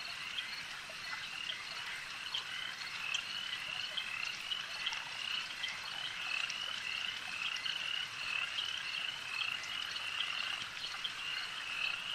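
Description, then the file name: Insects giving a steady, high-pitched buzzing chorus that never stops, dense overlapping calls blending into one sound. A swarm of insects heard as ambient sound. "Elijah Wagner - Relaxing Insect Swarm Ambience"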